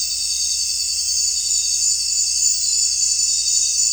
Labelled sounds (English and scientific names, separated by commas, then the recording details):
none
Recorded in secondary vegetation near Puerto Asís, Putumayo, Colombia, on 22 June 2025 at 19:00
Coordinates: 0.499, -76.323
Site G077